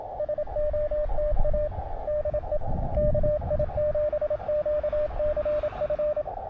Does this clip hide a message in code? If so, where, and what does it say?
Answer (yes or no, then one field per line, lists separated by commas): yes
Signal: Morse code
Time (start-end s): 0.2-6.2 s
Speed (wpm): 26 wpm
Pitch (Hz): 600 Hz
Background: radio noise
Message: SOTA DE KI7QCF